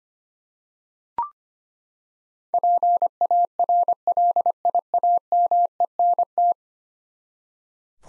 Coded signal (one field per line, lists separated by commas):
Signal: Morse code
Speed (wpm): 25 wpm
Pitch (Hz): 700 Hz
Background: none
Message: PARLIAMENT